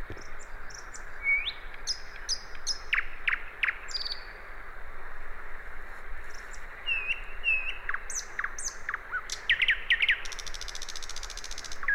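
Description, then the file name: Common nightingale singing varied phrases of high whistles, quick slurred notes and short buzzy bursts, with a dense rattling trill near the end, over background hiss. "Luscinia megarhynchos"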